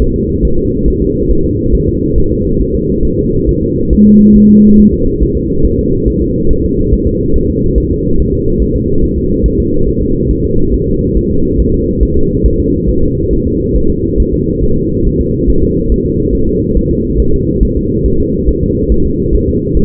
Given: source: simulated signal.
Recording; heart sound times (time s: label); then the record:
fetal heart sounds
0.02 s: S1
0.16 s: S2
0.45 s: S1
0.59 s: S2
0.88 s: S1
1.02 s: S2
1.31 s: S1
1.45 s: S2
1.75 s: S1
1.89 s: S2
2.18 s: S1
2.32 s: S2
2.61 s: S1
2.75 s: S2
3.05 s: S1
3.19 s: S2
3.49 s: S1
3.63 s: S2
3.93 s: S1
4.07 s: S2
4.36 s: S1
4.50 s: S2
4.80 s: S1
4.94 s: S2
5.23 s: S1
5.36 s: S2
5.65 s: S1
5.79 s: S2
6.08 s: S1
6.22 s: S2
6.51 s: S1
6.65 s: S2
6.93 s: S1
7.07 s: S2
7.36 s: S1
7.50 s: S2
7.78 s: S1
7.92 s: S2
8.20 s: S1
8.34 s: S2
8.62 s: S1
8.76 s: S2
9.04 s: S1
9.18 s: S2
9.46 s: S1
9.60 s: S2
9.89 s: S1
10.02 s: S2
10.31 s: S1
10.45 s: S2
10.74 s: S1
10.88 s: S2
11.17 s: S1
11.31 s: S2
11.60 s: S1
11.74 s: S2
12.03 s: S1
12.17 s: S2
12.46 s: S1
12.60 s: S2
12.89 s: S1
13.03 s: S2
13.33 s: S1
13.47 s: S2
13.76 s: S1
13.90 s: S2
14.20 s: S1
14.34 s: S2
14.64 s: S1
14.77 s: S2
15.07 s: S1
15.21 s: S2
15.49 s: S1
15.64 s: S2
15.92 s: S1
16.06 s: S2
16.35 s: S1
16.49 s: S2
16.77 s: S1
16.91 s: S2
17.20 s: S1
17.34 s: S2
17.63 s: S1
17.77 s: S2
18.06 s: S1
18.20 s: S2
18.49 s: S1
18.63 s: S2
18.92 s: S1
19.06 s: S2
19.35 s: S1
19.49 s: S2
19.77 s: S1
From the record:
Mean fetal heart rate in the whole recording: 140 bpm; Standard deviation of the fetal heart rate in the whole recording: 2 bpm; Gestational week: 34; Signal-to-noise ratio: -16.4 dB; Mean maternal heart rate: 72 bpm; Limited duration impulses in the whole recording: present